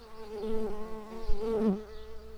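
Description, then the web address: Early bumblebee buzz: a steady droning hum with rich harmonics, its pitch wavering and briefly dipping and rising near the end. Workers. "Pratorum workers"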